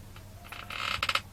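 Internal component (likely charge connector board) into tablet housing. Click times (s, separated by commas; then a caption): 1.0 s. A small internal part of an ARNOVA 7 G2 tablet, being repaired for a broken charge connector, is pressed back into the tablet's plastic housing. Creaking and grinding build for about a second, then a sharp snap at 1.0 s seats the part in place, followed by two smaller clicks at 1.1 s and 1.2 s.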